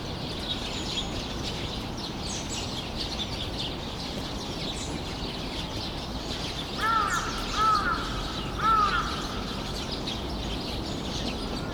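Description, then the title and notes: Birds (flock): chatter with soft high twittering, then three harsh, hoarse calls in quick succession in the second half, over steady background noise. Flock of birds in the trees making noise at Sinbanpo Apartment, Jamwon-dong 85, Seocho-gu, Seoul, South Korea. "대한민국 서울특별시 서초구 잠원동 85-Sinbanpo Apt, A Flock of Birds. Sinbanpo Apt, a flock of birds making noise 신반포아파트, 나무 위의 새떼들"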